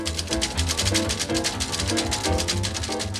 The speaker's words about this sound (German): … und … auf Schreibmaschine und Klavier.